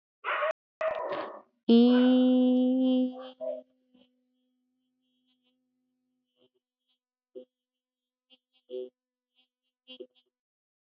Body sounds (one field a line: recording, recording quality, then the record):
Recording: sustained vowel as in beet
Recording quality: excellent, no background noise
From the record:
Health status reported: healthy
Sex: female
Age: 25 years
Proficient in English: yes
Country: India